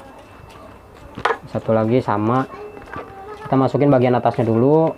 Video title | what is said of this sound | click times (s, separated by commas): visor osbe pnp kyt kyoto ink dynamic cara pasang visor flat merk osbe pnp kyoto | Pas dia udah ngunci ya. | 1.3 s